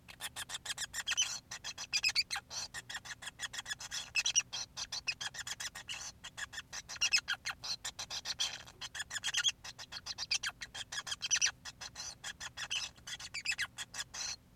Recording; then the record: song of a male Bengalese finch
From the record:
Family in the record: son of father 5